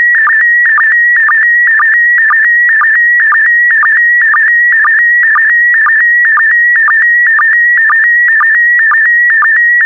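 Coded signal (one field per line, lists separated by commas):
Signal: SSTV (slow-scan television)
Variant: PD120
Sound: warbling steady tone near 2 kHz with regular low blips about twice a second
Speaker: Five, four, three, two, one. Thank you. Transmission complete. You can now check your decoded image against the picture that is shown on the video.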